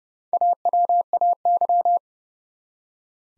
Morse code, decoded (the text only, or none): AWAY